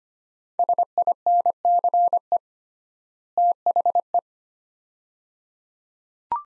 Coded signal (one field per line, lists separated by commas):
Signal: Morse code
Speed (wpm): 25 wpm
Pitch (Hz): 700 Hz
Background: none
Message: SINCE THE